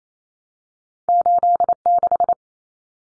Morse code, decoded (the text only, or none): 86